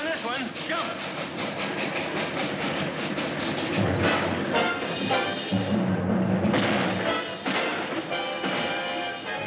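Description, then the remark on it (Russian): Wagons of a train arriving at a station clatter over the rails in a steady, rhythmic clickety-clack, loud and continuous, with a broad rumbling noise and bursts of metallic rattling throughout. “На станции подходит поезд, и как из-под земли выныривают бандиты и кричат: «Шеф, пригнись, мы сейчас этого ублюдка пристрелим».”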